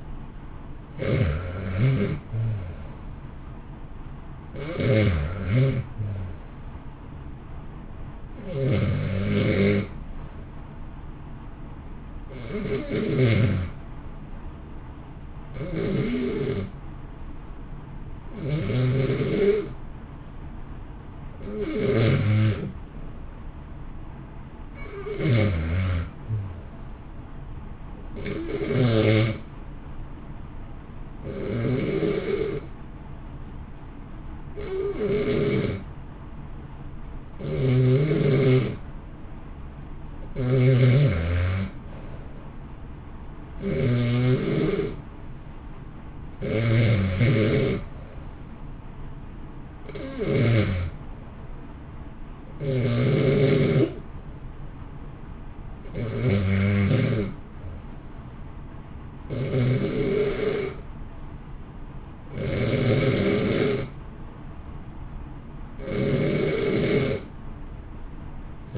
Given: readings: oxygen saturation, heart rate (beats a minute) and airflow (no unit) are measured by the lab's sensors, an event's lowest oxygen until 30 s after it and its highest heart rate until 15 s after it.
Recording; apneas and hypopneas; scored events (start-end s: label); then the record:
breathing in sleep by a smartphone at the bedside; 1
27.00-50.10 s: hypopnea (REM, oxygen 94% highest, then 88% lowest, heart rate 62 at the start, 64 highest)
From the record:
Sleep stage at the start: REM sleep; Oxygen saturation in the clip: 80 to 95%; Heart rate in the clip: 60 to 75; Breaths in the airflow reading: 22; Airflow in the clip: -1.7 to 1.2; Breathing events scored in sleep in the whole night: 328 in 6.3 hours asleep